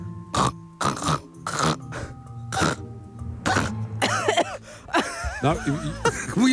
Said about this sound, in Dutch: knorren en dan een hele vieze, smerige rokershoest